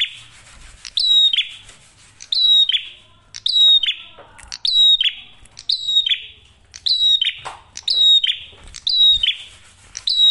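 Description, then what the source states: Prinia song: sharp, high chirping bursts repeated about once a second, each a quick descending flourish with a buzzy tail. Masteran tutor audio for training songbirds; prenjak merah singing actively with a clear voice.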